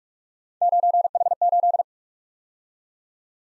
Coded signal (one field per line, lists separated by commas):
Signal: Morse code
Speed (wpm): 51 wpm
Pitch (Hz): 700 Hz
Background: none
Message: 9H8